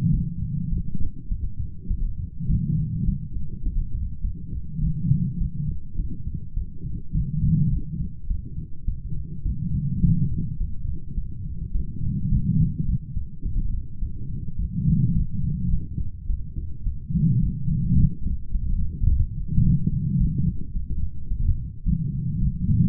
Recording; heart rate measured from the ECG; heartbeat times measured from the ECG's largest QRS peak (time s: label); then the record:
heart sounds by stethoscope; 105 bpm
0.10 s: heartbeat
0.69 s: heartbeat
1.28 s: heartbeat
1.87 s: heartbeat
2.46 s: heartbeat
3.05 s: heartbeat
3.63 s: heartbeat
4.21 s: heartbeat
4.80 s: heartbeat
5.37 s: heartbeat
5.96 s: heartbeat
6.54 s: heartbeat
7.11 s: heartbeat
7.69 s: heartbeat
8.27 s: heartbeat
8.85 s: heartbeat
9.42 s: heartbeat
10.00 s: heartbeat
10.57 s: heartbeat
11.14 s: heartbeat
11.71 s: heartbeat
12.29 s: heartbeat
12.85 s: heartbeat
13.42 s: heartbeat
13.99 s: heartbeat
14.56 s: heartbeat
15.13 s: heartbeat
15.69 s: heartbeat
16.26 s: heartbeat
16.83 s: heartbeat
17.40 s: heartbeat
17.95 s: heartbeat
18.51 s: heartbeat
19.07 s: heartbeat
19.62 s: heartbeat
20.17 s: heartbeat
20.72 s: heartbeat
21.28 s: heartbeat
21.83 s: heartbeat
22.39 s: heartbeat
From the record:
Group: healthy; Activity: light exercise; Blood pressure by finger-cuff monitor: 143/76 mmHg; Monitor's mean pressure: 99 mmHg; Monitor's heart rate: 104 bpm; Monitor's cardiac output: 9.8 L/min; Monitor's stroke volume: 94 mL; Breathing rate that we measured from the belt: 24 breaths a minute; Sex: female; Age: 32 years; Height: 172 cm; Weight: 71.7 kg